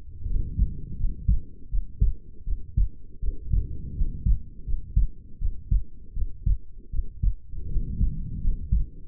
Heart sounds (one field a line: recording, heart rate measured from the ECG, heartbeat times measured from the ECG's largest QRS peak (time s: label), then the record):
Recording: heart sounds by stethoscope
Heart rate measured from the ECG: 81 bpm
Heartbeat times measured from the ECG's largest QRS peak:
0.26 s: heartbeat
0.97 s: heartbeat
1.69 s: heartbeat
2.44 s: heartbeat
3.20 s: heartbeat
3.94 s: heartbeat
4.64 s: heartbeat
5.38 s: heartbeat
6.13 s: heartbeat
6.90 s: heartbeat
7.68 s: heartbeat
8.41 s: heartbeat
From the record:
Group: healthy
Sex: female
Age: 22 years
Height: 160 cm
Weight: 45 kg